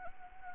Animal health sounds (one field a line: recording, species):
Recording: mosquito wingbeat signal from an infrared sensor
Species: Anopheles arabiensis